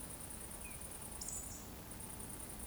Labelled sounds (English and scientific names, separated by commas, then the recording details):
Eurasian Woodcock (Scolopax rusticola) whistle
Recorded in Baden-Württemberg, Germany, on 25 June 2020 at 19:57 UTC
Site 14569, 102 m above sea level